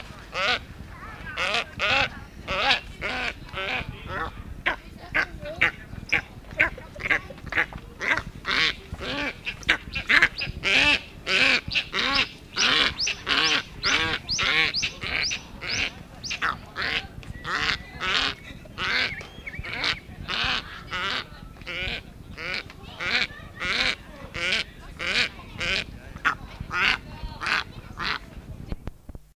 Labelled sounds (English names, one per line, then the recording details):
Steppe Eagle call
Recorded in captivity
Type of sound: call
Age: adult
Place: Greifvogelwarte Berlebeck Detmold, Nordrhein-Westfalen, DE
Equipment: Halbspur, 9,5 cm/s
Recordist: Lütgens, Hans
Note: Mit einer Feder etwas gereizt